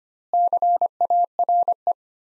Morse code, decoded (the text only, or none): CARE